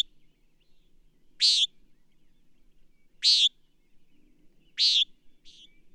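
Bird song: three sharp, high, rasping chirps spaced one and a half to two seconds apart, with a faint softer note after the last.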